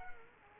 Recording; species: mosquito wingbeat signal from an infrared sensor; Culex quinquefasciatus